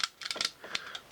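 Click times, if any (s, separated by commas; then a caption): none. Someone presses the plastic missile-launch button on a 1991 toy vehicle, making a quick series of sharp, light plastic clicks and taps over about a second. The button has not clicked into place, with the failure put down to cheap, thin plastic.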